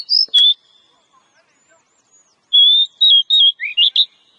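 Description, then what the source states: Oriental magpie-robin song: a couple of whistled notes with a click, a pause, then a phrase of level whistles and sweeping notes. Lure song.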